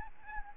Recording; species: mosquito wingbeat signal from an infrared sensor; Aedes albopictus